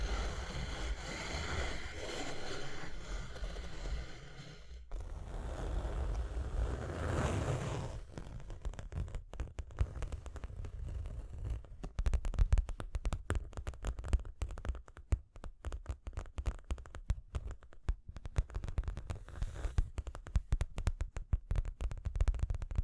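Tapping and scratching. The first five seconds are a steady low rumble with a faint hum, then a brighter, rougher scratching takes over until about eight seconds. After that, dense, irregular taps and clicks patter on to the end, varying in loudness.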